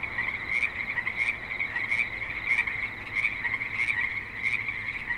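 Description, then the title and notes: Frogs calling in a steady chorus, a high ringing trill pulsing in quick succession, over a low background hum. At a creek in Spanish Springs, Nevada, with light traffic and other suburban sounds. "Frogs in Spanish Springs, NV - creek view. Frogs with light traffic and other suburban sounds"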